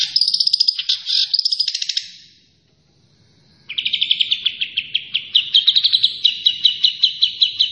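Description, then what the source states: Long-tailed shrike song: a fast buzzy chatter, then a pause of about a second and a half, then steady rapid repeated chipping notes. Local Indonesian name cendet; described as gacor, meaning actively and continuously singing.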